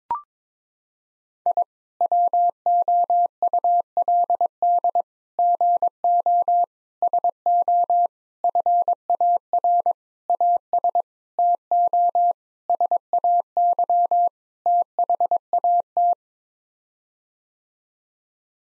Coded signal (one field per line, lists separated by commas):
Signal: Morse code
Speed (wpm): 22 wpm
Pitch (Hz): 700 Hz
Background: none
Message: I WOULD GO SO FAR AS TO SAY THAT